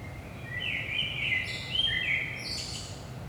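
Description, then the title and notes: Common blackbird giving one long mellow warbled phrase that breaks into thin high twitters at the end, steady low hum behind. Recorded in Saint-Gilles, Belgium, at 5 am in the early morning; DPA 4060 microphones in AB position into a Zoom F3 recorder. "Saint-Gilles, Belgique - 5am Blackbird. Blackbird in the morning. Merle au petit matin"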